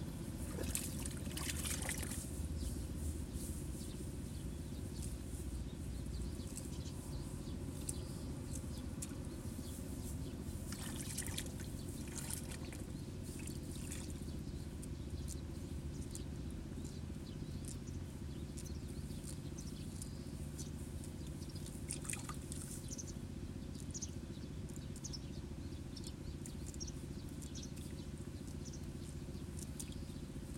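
Water in a flooded rice nursery as seedlings are pulled, over a constant low rumble that holds steady throughout. Bright splashing and trickling bursts come near the start, around eleven seconds and again near twenty-two, with faint sparrow chirps scattered between.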